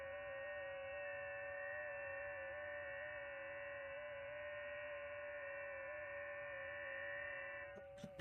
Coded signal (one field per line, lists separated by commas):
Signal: FT8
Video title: *** LIVE *** Life Updates and FT8